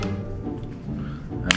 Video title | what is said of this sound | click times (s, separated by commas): ASG STEYR SCOUT REVIEW & SHOOTING TEST - AIRSOFT DEAN - JD AIRSOFT | and then same goes for this side and then it clicks in place | 1.5 s